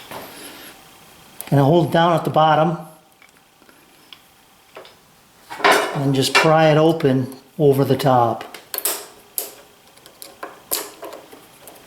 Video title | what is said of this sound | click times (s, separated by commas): 03 Shelix Dewalt 735 Planer Upgrade | snaps right in there now | 9.4 s